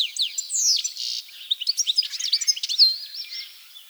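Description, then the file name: European goldfinch giving a rapid run of tinkling, liquid twitters and chirps, with a few sliding whistled notes high in pitch. "Carduelis carduelis"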